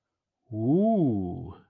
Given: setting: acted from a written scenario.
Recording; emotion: vocal sound without words; interest